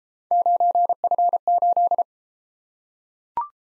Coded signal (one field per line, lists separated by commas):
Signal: Morse code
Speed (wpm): 31 wpm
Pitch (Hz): 700 Hz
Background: none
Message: 9F8